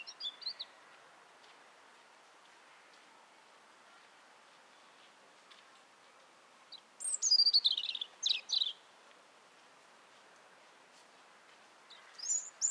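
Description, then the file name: European robin song: after a long quiet stretch, one brief burst of high, squeaky, sliding notes and twitters, with a few short fragments at the start and end. "Erithacus rubecula"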